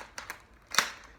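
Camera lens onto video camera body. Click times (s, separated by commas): 0.8 s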